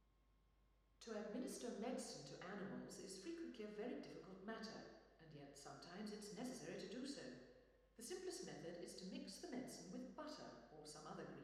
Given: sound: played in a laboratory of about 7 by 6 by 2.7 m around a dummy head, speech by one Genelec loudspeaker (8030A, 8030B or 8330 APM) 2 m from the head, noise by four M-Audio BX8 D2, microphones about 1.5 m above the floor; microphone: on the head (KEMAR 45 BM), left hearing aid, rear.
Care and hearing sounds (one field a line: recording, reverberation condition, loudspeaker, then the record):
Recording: female speech in English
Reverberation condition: high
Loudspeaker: 90 degrees to the left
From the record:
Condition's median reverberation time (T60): about 1300 ms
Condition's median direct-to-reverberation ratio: about -4.0 dB